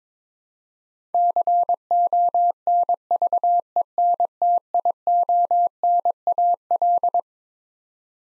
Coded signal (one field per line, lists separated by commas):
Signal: Morse code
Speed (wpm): 22 wpm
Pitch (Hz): 700 Hz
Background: none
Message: CONVENTIONAL